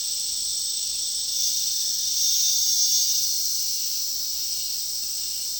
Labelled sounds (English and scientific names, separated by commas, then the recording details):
none
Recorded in dense forest near Puerto Asís, Putumayo, Colombia, on 21 March 2025 at 11:00
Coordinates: 0.499, -76.324
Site GP03